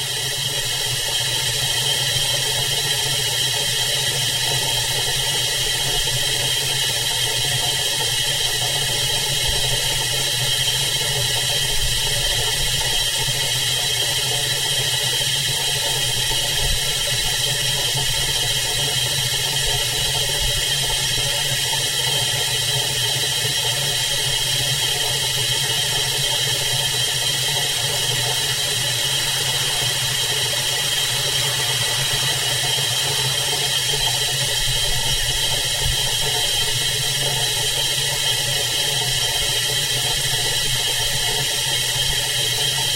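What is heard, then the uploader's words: A steady mechanical rush pours from a pipe in the side of a building, thick and unchanging, with a bright hiss over a low droning hum and a few faint whining tones. Around the thirty-second mark a soft murmur briefly thickens the middle. Pipe Drone. Recording of sounds emanating from a pipe in the side of a museum in Amherst, Massachusetts recorded in 2008 by Mark Bodah.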